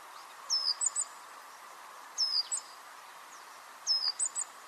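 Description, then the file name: Great tit calls: three evenly spaced high phrases, a slurred descending whistle followed by two or three crisp short notes, over low steady hiss. "Parus major"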